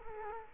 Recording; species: mosquito wingbeat signal from an infrared sensor; Culex quinquefasciatus